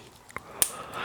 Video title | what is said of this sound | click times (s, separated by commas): Vitus Sommet Service: Brake Fail & "The List" | You hear it click. | 0.6 s